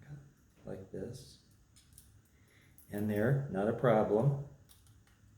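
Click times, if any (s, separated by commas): none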